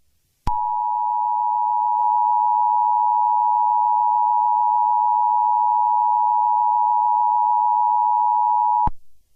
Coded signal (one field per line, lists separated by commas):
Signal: Emergency Alert System (SAME) tones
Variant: 853 and 960 Hz attention tone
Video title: EAS scenario | Countdown fail (New york version)